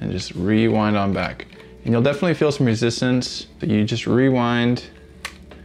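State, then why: Released. Someone talks while cranking the rewind lever of a 35mm film camera to wind the film back. At 5.3 s a small, sharp click sounds as the film end pulls free of the take-up spool inside the camera and the resistance drops, confirming the film leader has released.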